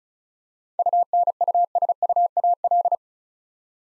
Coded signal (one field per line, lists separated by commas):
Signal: Morse code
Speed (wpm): 36 wpm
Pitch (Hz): 700 Hz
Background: none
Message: UNUSUAL